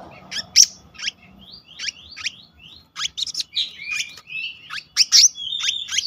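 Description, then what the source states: Selendang biru songbird giving clipped high chirps mixed with brief rising and falling whistles, spaced unevenly, over a quiet background. Song in the continuous rolling style called gacor ngeroll, with isian (filler notes).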